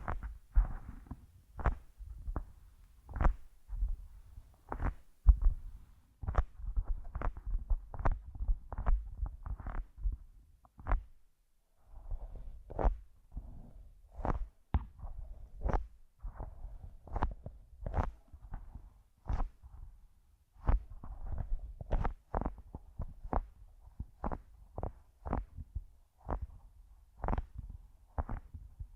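Headphones used as a microphone pick up a steady run of soft thumping taps, roughly two per second, each a short muffled knock with a low rumble underneath. The pace stays even throughout, with a brief pause around eleven seconds.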